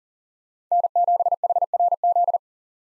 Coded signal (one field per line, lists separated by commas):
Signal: Morse code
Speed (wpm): 40 wpm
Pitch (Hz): 700 Hz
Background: none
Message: N7HRZ